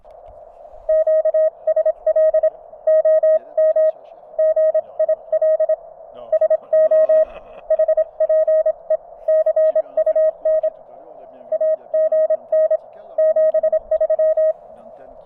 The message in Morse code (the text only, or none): QSL OM GIL SO HPE CUN AGN 73